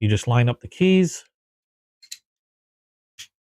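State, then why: Seated. A removable handle scale, its small key system lined up, is pressed back onto a folding knife frame after someone talks. It snaps down at 2.1 s with a short, sharp click and locks into place with no play left. A second faint tick follows near 3.2 s.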